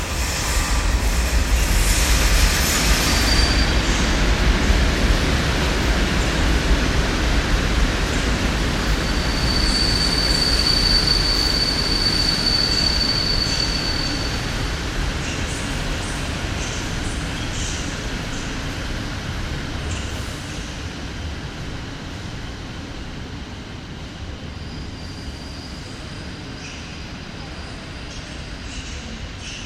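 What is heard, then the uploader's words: Train station platform ambience in Wroclaw, dominated by a steady low rumble of a train that slowly fades over the half minute. A thin high squeal of wheels rings out around ten to fifteen seconds, with a fainter one near the end. Wroclaw train station ambience. The recording was made with a Free Space Pro II binaural microphone (3DIO Sound). Recorded by Artur Olejarczyk.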